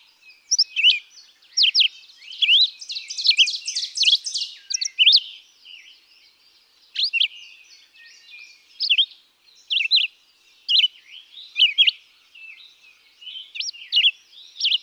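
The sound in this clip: Red-eyed vireo song: repeated short whistled phrases with short, uneven gaps, and a dense buzzy passage early on.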